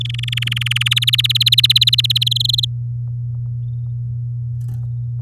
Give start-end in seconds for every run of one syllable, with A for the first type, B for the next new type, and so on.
0.00-0.94 A, 0.96-2.24 B, 2.26-2.65 C